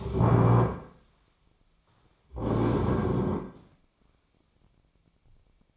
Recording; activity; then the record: daily activity, microphone in the room; stand up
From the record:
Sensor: 1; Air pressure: 1009.3 hPa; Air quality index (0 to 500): 178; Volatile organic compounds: 3 ppm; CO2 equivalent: 1507 ppm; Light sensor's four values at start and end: 37/100/41/48 and 35/93/38/45